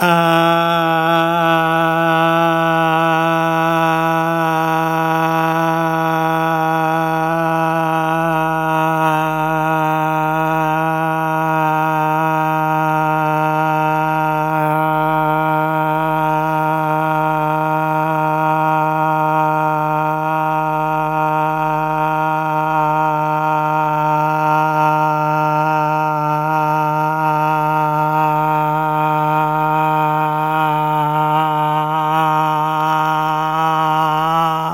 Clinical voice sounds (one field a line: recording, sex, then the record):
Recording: sustained vowel /a/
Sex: male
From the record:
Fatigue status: no fatigue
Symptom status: asymptomatic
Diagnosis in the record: COVID-19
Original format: m4a